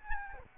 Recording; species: mosquito wingbeat signal from an infrared sensor; Aedes albopictus